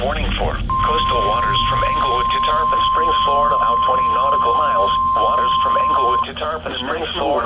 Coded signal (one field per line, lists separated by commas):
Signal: Emergency Alert System (SAME) tones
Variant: 1050 Hz attention tone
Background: speech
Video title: Special Marine Warning #2 (6/16/24) (New EAS 502)